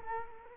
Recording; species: mosquito wingbeat signal from an infrared sensor; Culex quinquefasciatus